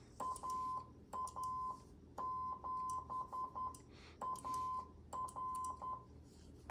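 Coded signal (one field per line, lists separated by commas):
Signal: Morse code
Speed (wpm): 10 wpm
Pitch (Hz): 1030 Hz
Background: none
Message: AA7 AR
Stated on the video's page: QRP CW at 5 watts from an MFJ-9040 on 40 m, 7029 and 7033 kHz, dipole antenna and MFJ-971 tuner, at 10, 11 and 14 wpm.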